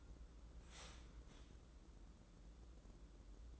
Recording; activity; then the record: daily activity, microphone in the room; start toaster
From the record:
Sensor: 3